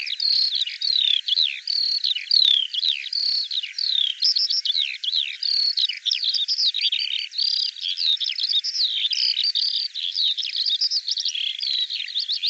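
Bird song, long and chattering, with rapid high chirps and slurred whistles pouring out nearly continuously.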